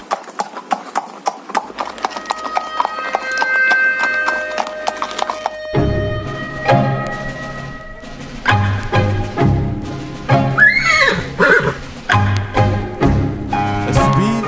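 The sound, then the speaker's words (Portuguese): A horse trots with a steady, rhythmic clip-clop of hooves, and partway through it lets out a high, wavering neigh before the hoofbeats carry on. “Alugue ou compre um destes mamíferos quadrúpedes da família dos equídeos e a trote lento ou acelerado dirija-se para o Texas, onde os impostos não o perseguem.”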